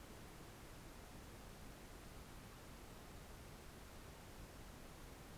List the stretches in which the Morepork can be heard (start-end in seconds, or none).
none